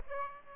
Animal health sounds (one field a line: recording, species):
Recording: mosquito wingbeat signal from an infrared sensor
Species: Aedes aegypti